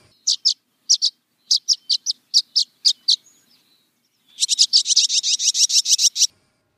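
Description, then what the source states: Violet-green Swallow chirps: short high chirps in small groups, a pause, then a dense run of chattering chirps for about two seconds. Chirping and chatter of several violet-green swallows, a swallow of open woodlands found only in the American West.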